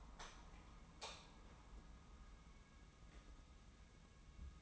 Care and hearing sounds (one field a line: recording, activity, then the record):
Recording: daily activity, microphone in the room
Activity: light on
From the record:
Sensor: 1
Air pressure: 994.4 hPa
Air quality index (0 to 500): 226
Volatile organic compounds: 1000 ppm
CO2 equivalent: 8132 ppm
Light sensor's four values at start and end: 148/335/151/166 and 153/354/158/173